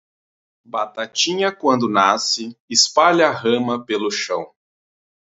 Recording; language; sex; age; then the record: short text; Brazilian Portuguese; female; 30 to 39 years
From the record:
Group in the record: control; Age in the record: 35 years